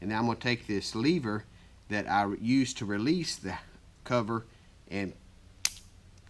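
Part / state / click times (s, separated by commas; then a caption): side-cover locking lever on a baitcaster fishing reel housing / seated / 5.7 s. A side-cover locking lever on a baitcaster fishing reel housing is flipped back to the closed position after the side housing cover is twisted back on and held down. Someone talks, then the lever locks with a single sharp snap at 5.7 s, and the cover is seated closed.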